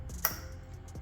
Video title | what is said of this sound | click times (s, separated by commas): 2018-2025 TOYOTA COROLLA LE (2.0L M20A-FKS) Replace Spark Plugs and Coils | Carefully slide it into place. Listen for the click. | 0.2 s